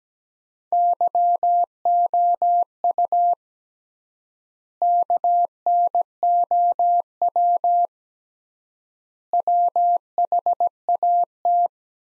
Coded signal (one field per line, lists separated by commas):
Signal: Morse code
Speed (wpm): 17 wpm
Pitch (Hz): 700 Hz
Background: none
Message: YOU KNOW WHAT